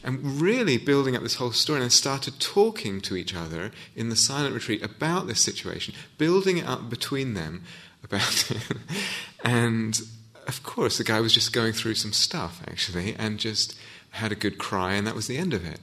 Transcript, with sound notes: Really building up this whole story, and then started talking to each other in the silent retreat about this situation, building it up between them about it! [laughs] And of course, the guy was just going through some stuff, actually, and just had a good cry, and that was the end of it.